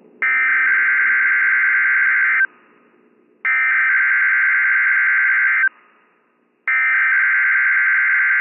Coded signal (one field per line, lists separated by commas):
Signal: Emergency Alert System (SAME) tones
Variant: header bursts